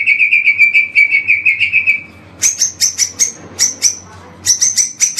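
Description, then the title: White-rumped shama song: a fast stuttering trill of mid-pitched notes, then a brief pause and a run of sharp, very high chipping notes. Training recording for caged birds to learn from. "MURAI BATU LABAIK"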